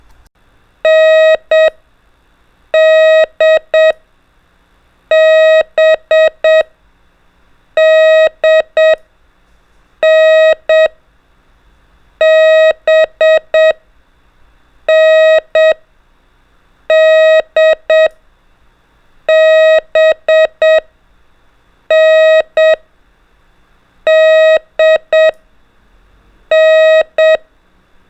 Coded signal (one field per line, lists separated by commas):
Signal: Morse code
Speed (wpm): 7 wpm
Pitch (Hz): 630 Hz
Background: none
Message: NDBDNBNDBNDN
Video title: Ham Radio: Morse Code Trainer/Practice Mode By Groupings - Letters Only